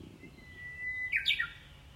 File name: ウグイス